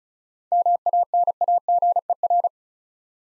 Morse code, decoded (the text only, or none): MANAGER